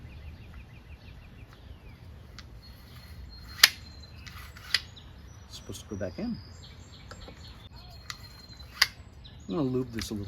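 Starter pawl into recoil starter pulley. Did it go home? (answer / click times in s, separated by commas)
no / none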